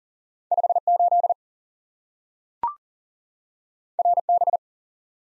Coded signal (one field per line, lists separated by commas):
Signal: Morse code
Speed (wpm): 38 wpm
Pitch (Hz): 700 Hz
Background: none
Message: 5 8 R B